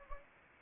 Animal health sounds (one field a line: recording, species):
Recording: mosquito wingbeat signal from an infrared sensor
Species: Anopheles arabiensis